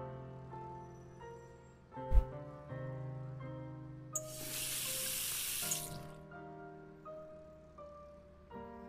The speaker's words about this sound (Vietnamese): Rồi, rửa chảo cho sạch.